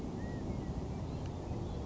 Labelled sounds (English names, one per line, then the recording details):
California Quail
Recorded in Sonoma County, California